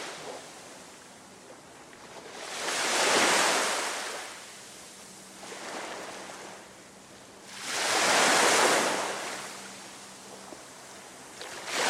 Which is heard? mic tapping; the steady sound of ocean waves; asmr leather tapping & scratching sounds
the steady sound of ocean waves